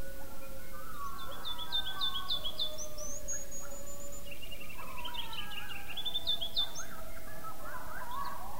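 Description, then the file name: Coyote group chorus with long sliding howls rising and falling while excited yips and squeals overlap throughout, over a constant low rumble. Several coyotes yelling, recorded 5 May 2016. "yell-YELLCoyotes 20160505"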